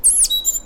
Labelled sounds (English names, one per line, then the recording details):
Stitchbird song
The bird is a male
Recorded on Tiritiri Matangi Island, New Zealand, in 2005
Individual 1, of nest box 1